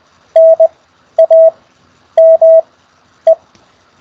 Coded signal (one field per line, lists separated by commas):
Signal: Morse code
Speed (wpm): 20 wpm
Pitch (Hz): 660 Hz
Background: none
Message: NAME